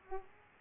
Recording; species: mosquito wingbeat signal from an infrared sensor; Aedes aegypti